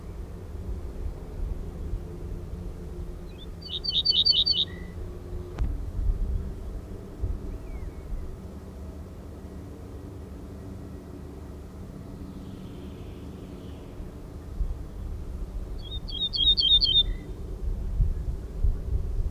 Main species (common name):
Ortolan Bunting